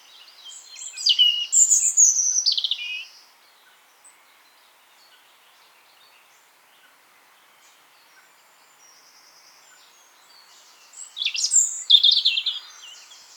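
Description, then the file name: European robin song, two bursts of high tinkling, descending warbled notes about ten seconds apart, separated by near silence. "Erithacus rubecula"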